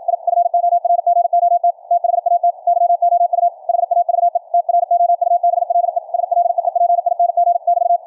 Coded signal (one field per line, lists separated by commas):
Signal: Morse code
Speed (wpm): 53 wpm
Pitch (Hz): 700 Hz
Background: radio noise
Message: I FORGOT THAT YOU HAVE TROUBLE SLEEPING <BT>